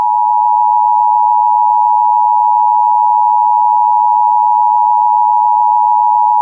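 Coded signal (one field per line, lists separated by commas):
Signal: Emergency Alert System (SAME) tones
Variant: 853 and 960 Hz attention tone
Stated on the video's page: SAME tones from a tornado warning heard on WTQR, recorded around 2024.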